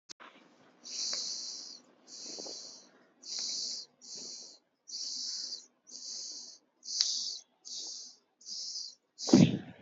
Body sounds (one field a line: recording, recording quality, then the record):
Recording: shallow breathing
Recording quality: excellent, no background noise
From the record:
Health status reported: healthy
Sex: female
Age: 26 years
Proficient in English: yes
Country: India